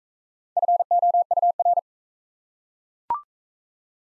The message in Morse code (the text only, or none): FOUR